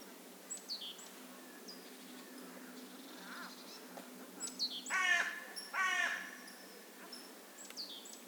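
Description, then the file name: Carrion crow giving two harsh, rasping caws about a second apart, while small birds add thin, high chirps before and after. "Corvus corone"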